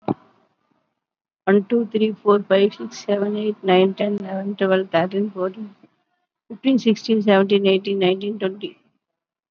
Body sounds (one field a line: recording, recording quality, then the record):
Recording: counting at a fast pace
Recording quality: excellent, no background noise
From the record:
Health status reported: COVID-19 positive, mild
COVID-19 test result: positive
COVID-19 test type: RT-PCR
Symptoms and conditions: fatigue, muscle pain, hypertension, diabetes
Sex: female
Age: 67 years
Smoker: no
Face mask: not worn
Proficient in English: no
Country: India